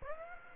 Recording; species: mosquito wingbeat signal from an infrared sensor; Aedes aegypti